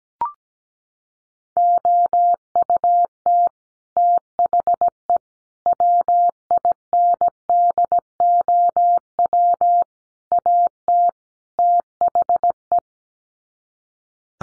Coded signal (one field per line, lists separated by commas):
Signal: Morse code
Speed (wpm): 17 wpm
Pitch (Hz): 700 Hz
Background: none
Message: OUT THE WINDOW AT THE